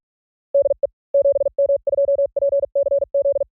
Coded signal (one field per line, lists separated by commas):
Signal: Morse code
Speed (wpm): 48 wpm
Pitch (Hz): 560 Hz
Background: none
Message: DE 7M2PCZ